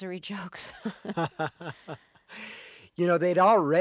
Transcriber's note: soundbite of laughter